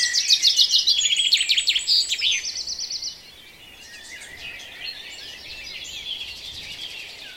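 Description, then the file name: Birds in a dawn chorus, an opening burst of loud rapid trilled notes for three seconds, then softer scattered twitters. "Reveil des oiseaux La Sonotheque"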